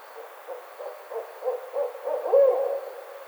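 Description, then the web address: Barred owl giving a series of short rhythmic hoots, rising in loudness toward a sustained, slurred closing note. Recorded on 29 May 2009. "Barred Owl 2009 05 29"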